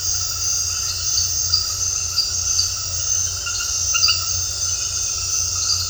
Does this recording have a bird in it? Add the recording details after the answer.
no. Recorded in dense forest near Puerto Asís, Putumayo, Colombia, on 8 March 2025 at 21:30. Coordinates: 0.468, -76.322. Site GP01